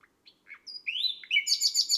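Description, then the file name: Nightingale song: soft scattered notes, then a long rising whistle leading into a loud, pulsing run of quick repeated notes. Recorded on a May night. "Un rossignol enregistre une nuit de mai"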